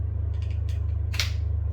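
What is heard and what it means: A plastic GoPro quick-release buckle is slid into its base mount on an extension arm, lined up on the same plane. Quieter sliding scrapes come first, then a sharp, loud click at 1.2 seconds as it locks in place with no movement or play, all over a steady low hum.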